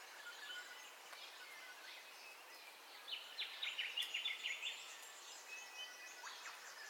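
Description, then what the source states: Birds at dawn: soft scattered chirps, then a rapid trill of many quick notes lasting over a second, fading back to faint calls. Dawn ambience of bird calls, recorded in stereo.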